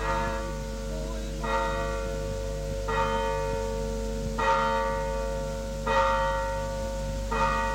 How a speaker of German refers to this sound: Neun schlug die Glocke, als ich die Amme sandte. Von 9 bis 12. 3 lange Stunden sind's.